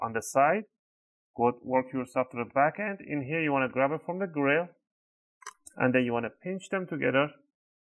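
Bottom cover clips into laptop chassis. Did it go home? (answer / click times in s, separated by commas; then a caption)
no / none. Someone talks while the plastic bottom cover of a Dell Latitude 7440 (B8RHFY3) P174G laptop is handled, working toward the back end and pinching it together near the grille so its retaining clips go into the chassis. Nothing has seated or clicked yet.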